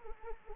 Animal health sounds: mosquito wingbeat signal from an infrared sensor; Anopheles arabiensis

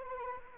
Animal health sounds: mosquito wingbeat signal from an infrared sensor; Anopheles arabiensis

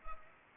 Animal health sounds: mosquito wingbeat signal from an infrared sensor; Culex pipiens

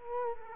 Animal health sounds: mosquito wingbeat signal from an infrared sensor; Culex quinquefasciatus

